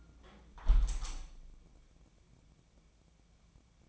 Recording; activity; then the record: daily activity, microphone in the room; close window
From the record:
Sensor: 1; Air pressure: 1012.4 hPa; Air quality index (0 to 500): 171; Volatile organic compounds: 3 ppm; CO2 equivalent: 1396 ppm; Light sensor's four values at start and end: 232/531/236/261 and 246/565/250/276